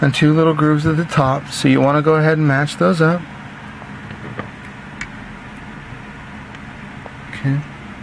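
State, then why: Not seated. Someone talks while the white balance connector of a Force1 F100 drone's LiPo battery is lined up by its grooves and pushed toward the charger socket. After the talking stops around 3 s, a low steady hum carries a few faint ticks near 4.4, 5.0 and 7.3 s, with another brief voice sound near 7.5 s. Nothing has seated or clicked yet.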